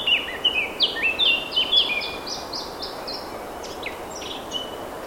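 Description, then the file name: Eurasian blackcap song, a run of bright whistled notes and warbles delivered roughly twice a second, fading into softer chatter with steady background hiss. "Sylvia atricapilla"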